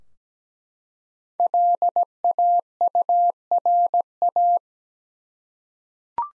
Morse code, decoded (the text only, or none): LAURA